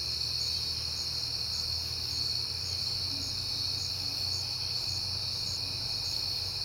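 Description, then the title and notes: High continuous cricket trill overlaid by brief higher chirps repeated at regular intervals, with a low rumbling background. Crickets, heard often in September, on a peaceful night with passing cars. "Night Time: Crickets and Passing Cars. It is September and I have been hearing the crickets a lot, but finally had a peaceful night to make the recording"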